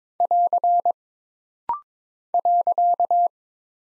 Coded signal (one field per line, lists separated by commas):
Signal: Morse code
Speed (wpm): 22 wpm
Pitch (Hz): 700 Hz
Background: none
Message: <AR> .